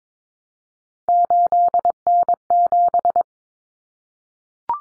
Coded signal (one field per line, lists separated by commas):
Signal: Morse code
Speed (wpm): 22 wpm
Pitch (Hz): 700 Hz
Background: none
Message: 8N7